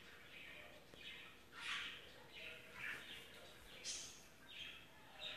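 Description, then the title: Budgerigar chatter, fairly soft: scratchy squawks and brief chirps spaced throughout over a faint background hiss. "Budgie Sounds"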